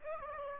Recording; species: mosquito wingbeat signal from an infrared sensor; Aedes aegypti